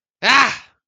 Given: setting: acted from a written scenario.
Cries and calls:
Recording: vocal sound without words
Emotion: negative surprise

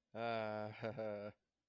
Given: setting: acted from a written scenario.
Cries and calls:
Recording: vocal sound without words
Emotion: pride

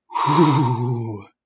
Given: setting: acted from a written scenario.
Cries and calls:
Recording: vocal sound without words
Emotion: ecstasy

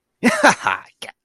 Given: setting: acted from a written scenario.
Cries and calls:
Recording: vocal sound without words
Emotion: triumph

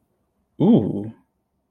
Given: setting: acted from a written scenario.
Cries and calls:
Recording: vocal sound without words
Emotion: interest

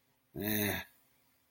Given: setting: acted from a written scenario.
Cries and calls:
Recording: vocal sound without words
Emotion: sympathy

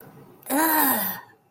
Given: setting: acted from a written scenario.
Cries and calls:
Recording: vocal sound without words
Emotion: disgust

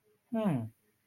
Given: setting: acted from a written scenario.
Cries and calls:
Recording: vocal sound without words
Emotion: confusion

